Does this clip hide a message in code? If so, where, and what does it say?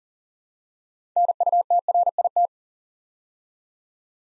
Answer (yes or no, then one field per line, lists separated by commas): yes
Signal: Morse code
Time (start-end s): 1.2-2.5 s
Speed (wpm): 40 wpm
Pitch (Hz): 700 Hz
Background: none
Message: NUTRIT